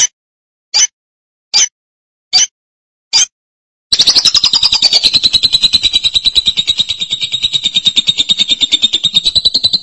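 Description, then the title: Lovebird: five short, evenly spaced sharp chips, then a long run of fast, grating chatter that eases slightly downward in pitch. "BM Suara Burung Lovebird"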